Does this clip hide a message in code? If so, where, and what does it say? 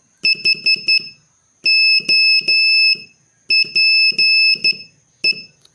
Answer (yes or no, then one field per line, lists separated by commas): yes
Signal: Morse code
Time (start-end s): 0.2-5.3 s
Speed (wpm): 12 wpm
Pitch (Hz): 2600 Hz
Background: none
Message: HOPE